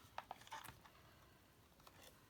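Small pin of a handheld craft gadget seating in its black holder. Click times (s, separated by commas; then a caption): 0.2 s. After a folder is laminated, the small pin of a handheld craft gadget is fitted into its black holder and clicks into place at 0.2 s with a sharp, bright click. Another sharp click follows at 0.3 s, then a short cluster of fainter clicks around 0.5–0.7 s and a soft tick at 1.9 s, over quiet background. The pin is seated.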